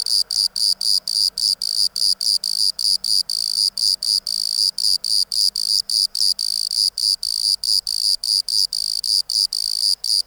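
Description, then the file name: Bordeaux cricket song: high, shrill chirps repeated steadily about four times a second, an unbroken pulsing trill throughout. "Modicogryllus bordigalensis"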